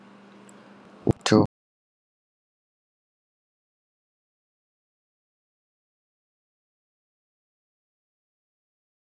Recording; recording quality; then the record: counting at a fast pace; poor, much background noise or distortion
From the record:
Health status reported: healthy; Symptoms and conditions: hypertension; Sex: male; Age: 49 years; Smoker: yes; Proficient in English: yes